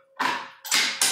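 A metal printing chase holding locked-up type and wooden furniture is set into the bed of a 1930s letterpress and clamped in place. Two broad scraping, rattling bursts of metal-on-metal handling come around 0.2 and 0.6 s over a faint steady hum, then a single sharp hit at 1.0 s as the chase locks in and seats.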